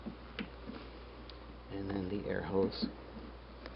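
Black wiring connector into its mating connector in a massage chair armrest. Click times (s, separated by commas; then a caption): 0.4 s. A black plastic electrical connector is pushed onto its black mating connector in the armrest of an Infinity Iyashi massage chair and seats with a sharp click at 0.4 s. Fainter ticks follow at 1.3 s and 3.7 s, and someone talks in between.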